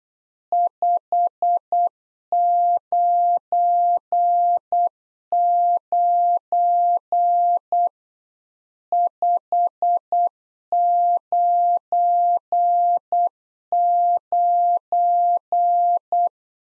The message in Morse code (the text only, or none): 599 599